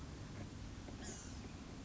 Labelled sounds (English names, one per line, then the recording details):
Blue-gray Gnatcatcher
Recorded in Sonoma County, California